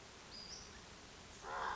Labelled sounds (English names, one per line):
Western Flycatcher